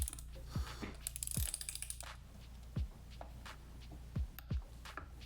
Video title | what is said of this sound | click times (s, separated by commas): How to increase travel on your Rockshox Fork | you go get that satisfying little click through your torque wrench nice | 1.2 s